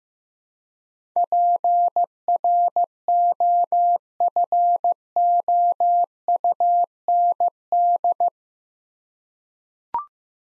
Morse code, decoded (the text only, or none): PROFOUND